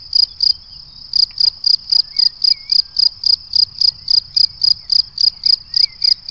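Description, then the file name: Cricket song: a steady series of high-pitched chirps, a few per second, with one brief gap near the start. "Le chant du grillon"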